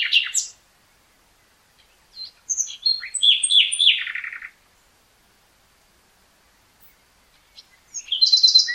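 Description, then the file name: Common nightingale song with a short opening note, then a long phrase of chirps descending into a rapid trill, and a fresh burst at the end. "Luscinia megarhynchos"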